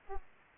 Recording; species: mosquito wingbeat signal from an infrared sensor; Aedes aegypti